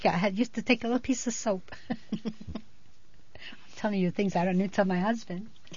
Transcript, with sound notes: I used to take a little piece of soap. ( she laughs ) I'm telling you things I don't even tell my husband.